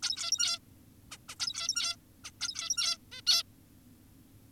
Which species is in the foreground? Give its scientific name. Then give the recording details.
Taeniopygia guttata. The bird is an adult. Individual g17y2U